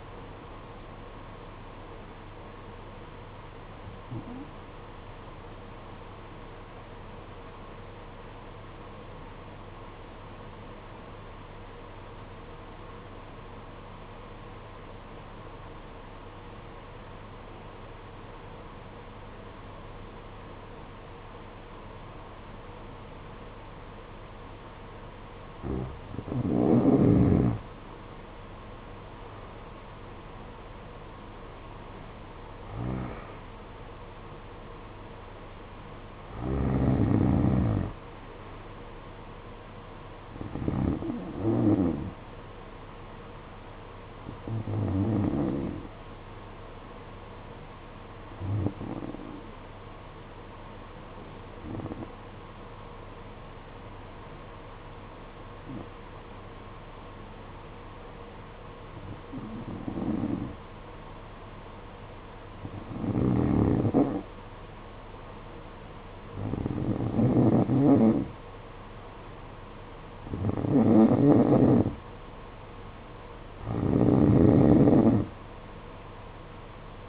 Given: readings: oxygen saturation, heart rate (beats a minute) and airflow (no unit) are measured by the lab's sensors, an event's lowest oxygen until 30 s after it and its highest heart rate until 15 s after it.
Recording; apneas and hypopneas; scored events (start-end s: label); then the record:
breathing in sleep by a voice recorder at the bedside; 2
9.00-25.50 s: obstructive apnea (N1, oxygen 93% highest, then 87% lowest, heart rate 55 at the start, 63 highest)
51.00-61.90 s: obstructive apnea (N1, oxygen 93% highest, then 90% lowest, heart rate 52 at the start, 57 highest)
58.00-77.09 s: new sleep stage, N2 (light sleep)
From the record:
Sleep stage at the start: N1 (lightest sleep); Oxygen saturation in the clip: 87 to 93%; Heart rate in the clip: 52 to 63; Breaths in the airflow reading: 14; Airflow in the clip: -11.5 to 11.1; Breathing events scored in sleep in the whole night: 476 in 9.7 hours asleep